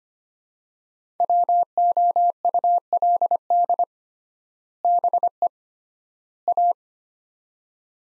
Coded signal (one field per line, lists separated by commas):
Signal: Morse code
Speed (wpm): 25 wpm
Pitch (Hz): 700 Hz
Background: none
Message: WOULD BE A